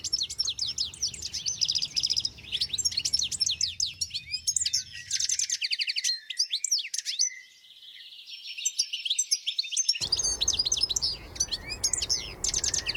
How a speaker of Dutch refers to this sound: Een gezellig geluidje wat hier overkomt, hè, die putter. Ja, het is een soort gepruttel eigenlijk wat je hoort, hè. Een aaneenschakeling van de roepjes en trillertjes en fluittoontjes, hoge toontjes. Door elkaar, eigenlijk zonder structuur